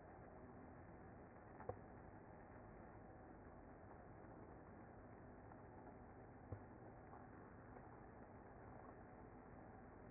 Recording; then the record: honeybee colony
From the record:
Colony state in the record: active